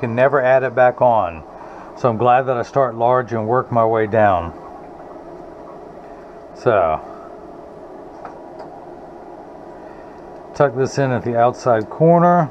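Someone talks while a cut plastic Crizal Sapphire prescription lens is rotated and tucked into the outside corner of the plastic frame rim of Oakley 8046 AirDrop sunglasses, with a steady low hum between phrases and a brief faint tick at about 8.3 s. The lens has not seated or snapped in yet; it is only positioned before the push at the nose.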